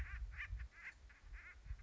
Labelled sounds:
Acorn Woodpecker (Melanerpes formicivorus)
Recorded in Sonoma County, California

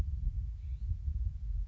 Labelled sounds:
California Scrub-Jay (Aphelocoma californica)
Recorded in Sonoma County, California

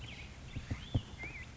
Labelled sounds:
Black-headed Grosbeak (Pheucticus melanocephalus)
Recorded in Sonoma County, California

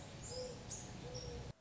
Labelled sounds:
Mourning Dove (Zenaida macroura)
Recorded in Sonoma County, California

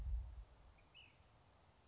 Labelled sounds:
Ash-throated Flycatcher (Myiarchus cinerascens)
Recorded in Sonoma County, California

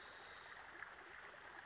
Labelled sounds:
Spotted Towhee (Pipilo maculatus)
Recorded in Sonoma County, California

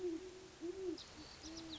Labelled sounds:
Great Horned Owl (Bubo virginianus)
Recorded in Sonoma County, California

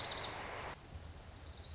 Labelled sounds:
Lazuli Bunting (Passerina amoena)
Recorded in Sonoma County, California

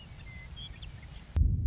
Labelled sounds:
Western Meadowlark (Sturnella neglecta)
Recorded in Sonoma County, California

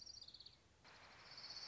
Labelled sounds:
Orange-crowned Warbler (Leiothlypis celata)
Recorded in Sonoma County, California

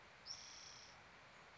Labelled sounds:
Spotted Towhee (Pipilo maculatus)
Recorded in Sonoma County, California

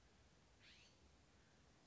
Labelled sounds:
California Scrub-Jay (Aphelocoma californica)
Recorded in Sonoma County, California

